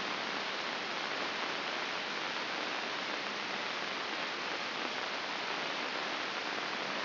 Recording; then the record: brain microelectrode recording played as sound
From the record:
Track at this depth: outside the subthalamic nucleus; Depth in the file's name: 6.414 mm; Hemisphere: left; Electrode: 2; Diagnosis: Parkinson's disease